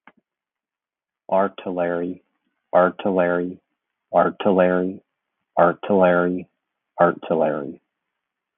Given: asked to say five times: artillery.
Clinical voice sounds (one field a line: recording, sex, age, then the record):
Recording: repeated word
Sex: male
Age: 50 to 59 years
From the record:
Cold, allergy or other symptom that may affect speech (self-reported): no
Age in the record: 51 years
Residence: Florida, United States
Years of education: 16